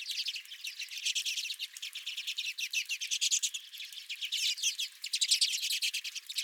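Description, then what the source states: Redpolls calling together, quick buzzy chirps run in a steady stream. Several redpolls at a feeder.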